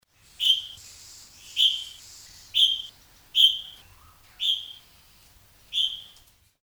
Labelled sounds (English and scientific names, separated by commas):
Orange-bellied Leafbird (Chloropsis hardwickii)